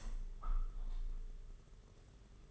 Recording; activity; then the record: daily activity, microphone in the room; open window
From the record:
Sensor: 4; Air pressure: 992.1 hPa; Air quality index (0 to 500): 94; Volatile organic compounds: 9 ppm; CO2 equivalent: 2190 ppm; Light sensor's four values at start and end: 22/76/28/29 and 22/76/28/29